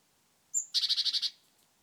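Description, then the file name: Great tit giving a thin high note followed by a rapid series of seven even buzzy chatter notes, then quiet. "Parus major"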